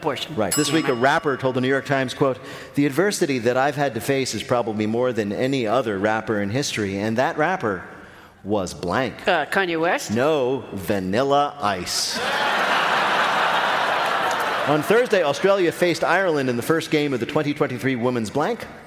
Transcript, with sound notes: This week, a rapper told The New York Times, quote, "the adversity that I've had to face is probably more than any other rapper in history." And that rapper was blank.
Kanye West?
No, Vanilla Ice.
(LAUGHTER)
On Thursday, Australia faced Ireland in the first game of the 2023 women's blank.